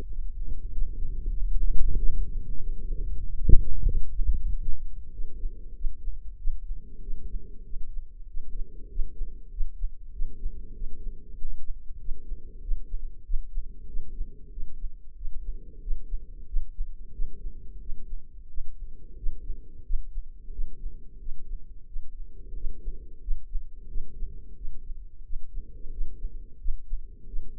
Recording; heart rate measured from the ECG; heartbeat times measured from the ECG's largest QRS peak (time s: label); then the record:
heart sounds by microphone in the left ear; 93 bpm
0.09 s: heartbeat
0.72 s: heartbeat
1.34 s: heartbeat
1.97 s: heartbeat
2.60 s: heartbeat
3.23 s: heartbeat
3.86 s: heartbeat
4.49 s: heartbeat
5.12 s: heartbeat
5.75 s: heartbeat
6.38 s: heartbeat
7.02 s: heartbeat
7.65 s: heartbeat
8.28 s: heartbeat
8.90 s: heartbeat
9.51 s: heartbeat
10.13 s: heartbeat
10.74 s: heartbeat
11.36 s: heartbeat
11.99 s: heartbeat
12.61 s: heartbeat
13.24 s: heartbeat
13.87 s: heartbeat
14.51 s: heartbeat
15.15 s: heartbeat
15.81 s: heartbeat
16.47 s: heartbeat
17.12 s: heartbeat
17.80 s: heartbeat
18.48 s: heartbeat
19.16 s: heartbeat
19.84 s: heartbeat
20.52 s: heartbeat
21.19 s: heartbeat
21.87 s: heartbeat
22.54 s: heartbeat
23.21 s: heartbeat
23.88 s: heartbeat
24.56 s: heartbeat
25.23 s: heartbeat
25.91 s: heartbeat
26.59 s: heartbeat
27.27 s: heartbeat
From the record:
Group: healthy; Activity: rest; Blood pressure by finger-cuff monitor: 113/62 mmHg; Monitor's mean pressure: 78 mmHg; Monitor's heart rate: 94 bpm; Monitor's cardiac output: 7.1 L/min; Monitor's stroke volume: 78 mL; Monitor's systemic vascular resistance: 790 dyn s/cm5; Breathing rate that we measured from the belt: 17 breaths a minute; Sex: female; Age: 43 years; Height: 160 cm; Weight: 90 kg